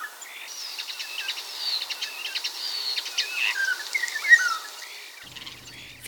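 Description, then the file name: Common starling song: a varied chatter of clicks, short buzzy notes and whistles, rising and falling between them, with a brief low rumble near the end. "bioakusztika seregely"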